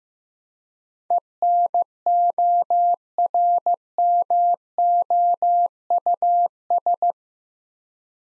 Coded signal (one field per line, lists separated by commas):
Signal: Morse code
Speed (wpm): 15 wpm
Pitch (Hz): 700 Hz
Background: none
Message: ENORMOUS